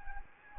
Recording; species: mosquito wingbeat signal from an infrared sensor; Anopheles gambiae